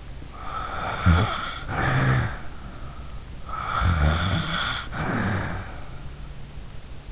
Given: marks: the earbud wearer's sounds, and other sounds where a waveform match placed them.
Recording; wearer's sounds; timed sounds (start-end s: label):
sounds in sleep by an in-ear microphone; snoring breath
0.22-2.90 s: snoring breath
3.41-6.19 s: snoring breath